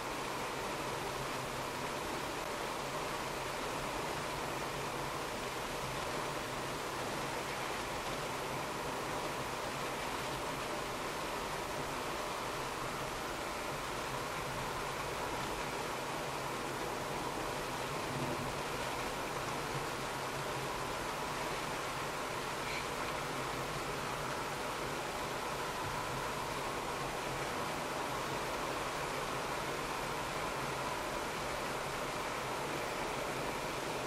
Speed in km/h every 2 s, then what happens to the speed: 50, 50, 50, 51, 51, 51, 51, 50, 51, 50, 50, 50, 51, 51, 50, 50, 49.
0-34 steady at about 50.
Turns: none.